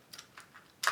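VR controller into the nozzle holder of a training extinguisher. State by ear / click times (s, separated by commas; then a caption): seated / 0.9 s. The second VR controller is pushed into the plastic holder on the nozzle of a training fire extinguisher. A few faint light ticks come first, then a loud, bright snap at 0.9 s. The controller clips into the holder.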